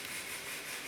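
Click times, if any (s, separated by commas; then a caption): none. A passenger-side downstream O2 sensor plastic electrical connector on a 2000-2006 Chevrolet Tahoe is handled as it is about to be pressed into its harness connector, which is then locked with its connector position assurance tab. Only a steady broadband hiss with faint low rumble is heard, with no sharp sounds. Nothing has seated or clicked yet.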